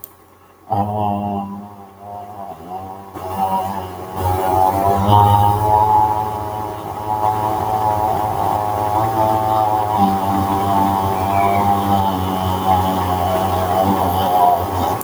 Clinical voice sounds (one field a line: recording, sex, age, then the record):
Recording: vowel held as long as possible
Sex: male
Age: 30 to 39 years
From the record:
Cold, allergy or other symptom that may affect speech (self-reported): no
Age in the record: 37 years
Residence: Texas, United States